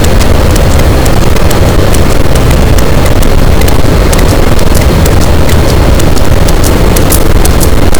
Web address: Physeter Macrocephalus boat SNR 24 d B cachalot positif